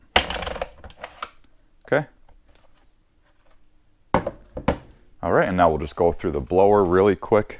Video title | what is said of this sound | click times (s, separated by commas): Kobalt Leaf Blower Tutorial Model KLB 1040B-03 | And then when you want to release it, just press this little black button here and it's going to pop out. | 0.2 s